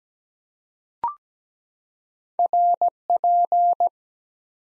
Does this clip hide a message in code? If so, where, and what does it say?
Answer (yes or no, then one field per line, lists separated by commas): yes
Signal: Morse code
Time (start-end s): 2.4-3.9 s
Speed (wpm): 17 wpm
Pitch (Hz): 700 Hz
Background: none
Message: RP